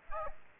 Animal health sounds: mosquito wingbeat signal from an infrared sensor; Aedes aegypti

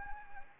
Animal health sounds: mosquito wingbeat signal from an infrared sensor; Anopheles gambiae

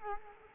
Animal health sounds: mosquito wingbeat signal from an infrared sensor; Culex quinquefasciatus

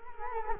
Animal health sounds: mosquito wingbeat signal from an infrared sensor; Culex quinquefasciatus

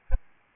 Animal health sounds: mosquito wingbeat signal from an infrared sensor; Aedes albopictus

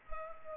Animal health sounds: mosquito wingbeat signal from an infrared sensor; Culex pipiens

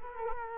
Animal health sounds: mosquito wingbeat signal from an infrared sensor; Culex quinquefasciatus

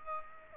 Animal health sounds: mosquito wingbeat signal from an infrared sensor; Aedes aegypti

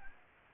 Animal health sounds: mosquito wingbeat signal from an infrared sensor; Aedes albopictus

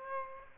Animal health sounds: mosquito wingbeat signal from an infrared sensor; Aedes aegypti

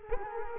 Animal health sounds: mosquito wingbeat signal from an infrared sensor; Culex quinquefasciatus

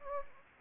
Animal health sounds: mosquito wingbeat signal from an infrared sensor; Anopheles gambiae

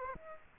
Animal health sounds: mosquito wingbeat signal from an infrared sensor; Aedes aegypti

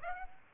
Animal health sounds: mosquito wingbeat signal from an infrared sensor; Aedes aegypti

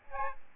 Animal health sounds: mosquito wingbeat signal from an infrared sensor; Aedes albopictus

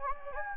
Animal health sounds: mosquito wingbeat signal from an infrared sensor; Anopheles gambiae

